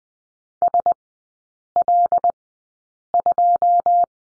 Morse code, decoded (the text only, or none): SL2